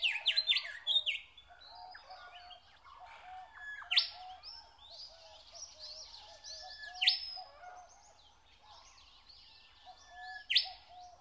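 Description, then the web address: Nightingale singing: loud sharp whistles every three seconds or so over a steady background of soft, low repeated notes, with scattered fainter phrases between. Singing in spring. "spiew slowika wiosna"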